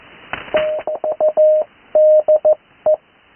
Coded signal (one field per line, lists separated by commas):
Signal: Morse code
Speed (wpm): 15 wpm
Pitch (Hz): 620 Hz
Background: radio noise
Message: TADE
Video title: Morse code practice recorded live on 80m 05-08-2026